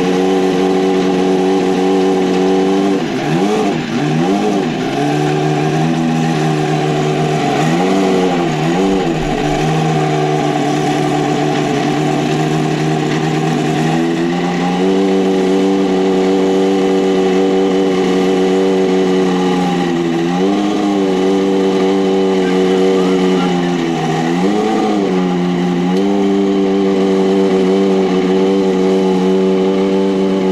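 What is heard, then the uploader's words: Turbocharged V8 IndyCar engines roar without a break throughout, a loud, steady, buzzing drone. Every few seconds the pitch sags and wobbles, near 3, 8, 20 and 25 seconds, then climbs back, and it steps up to a higher, held note around 14 seconds. Pre-season testing for CART IndyCar Series teams at the one-mile Phoenix International Raceway oval where the glorious 2.65-liter turbocharged V8 engines rage.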